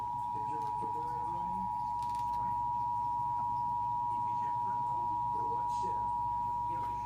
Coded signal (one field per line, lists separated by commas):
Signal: Emergency Alert System (SAME) tones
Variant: 853 and 960 Hz attention tone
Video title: Los Angeles Required Monthly Test EAS #486 493 8 31 21